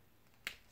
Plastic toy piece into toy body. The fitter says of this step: gonna snap into place snap